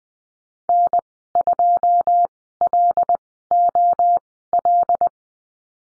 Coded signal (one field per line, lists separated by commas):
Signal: Morse code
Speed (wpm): 20 wpm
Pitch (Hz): 700 Hz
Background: none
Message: N2LOL